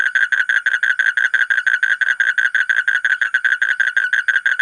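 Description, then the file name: Asian common toad trilling, a steady, rapid series of harsh pulses held at one pitch throughout. "suara kodok bangkong kolong kodok buduk"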